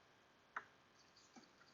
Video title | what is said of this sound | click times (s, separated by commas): How To Replace Intake Manifold Gaskets - Chevy Trailblazer (Andy’s Garage: Episode - 393) | until you hear click | 0.6 s